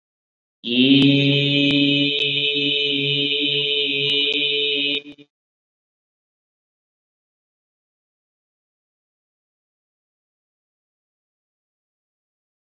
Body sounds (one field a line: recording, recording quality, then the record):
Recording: sustained vowel as in beet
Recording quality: excellent, no background noise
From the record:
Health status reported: COVID-19 positive, no symptoms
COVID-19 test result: positive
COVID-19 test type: RT-PCR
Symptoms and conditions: another respiratory illness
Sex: male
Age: 45 years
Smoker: yes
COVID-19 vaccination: both doses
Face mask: worn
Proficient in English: no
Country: India